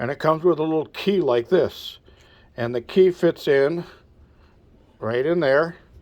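A small key is fitted into a battery disconnect (isolator) switch, the kind that can bolt through the firewall of a car, truck or RV, while someone talks over quiet pauses. The key has not yet been turned. Nothing has clicked or connected yet.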